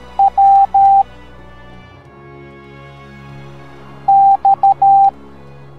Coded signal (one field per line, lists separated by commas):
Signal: Morse code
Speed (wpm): 13 wpm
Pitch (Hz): 790 Hz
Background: music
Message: W X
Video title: Roomba Teaching the Morse Code Alphabet Educational Video for Kids